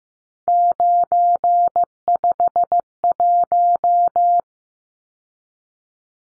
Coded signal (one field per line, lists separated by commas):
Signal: Morse code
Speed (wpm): 15 wpm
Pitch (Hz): 700 Hz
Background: none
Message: 951